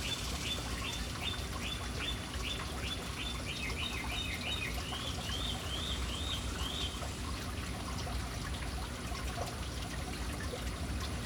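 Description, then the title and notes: Bird calls in a quick run of sharp, high chirps that shift into softer arched notes, then stop, leaving steady background noise and a low hum. City birds hanging around an urban fountain. "Urban birds at fountain. Relaxing sounds of City Birds hanging around fountain"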